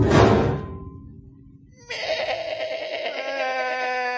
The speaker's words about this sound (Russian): Заблеяли козел да баран со страху.